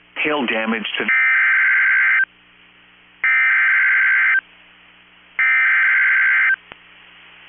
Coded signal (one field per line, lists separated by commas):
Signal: Emergency Alert System (SAME) tones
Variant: header bursts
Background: speech